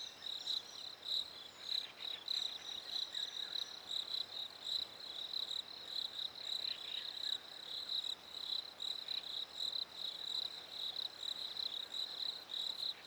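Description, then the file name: Crickets trilling in a steady, high, pulsing chorus throughout. Recorded at a lake in winter. "fresh winter lake crickets birds"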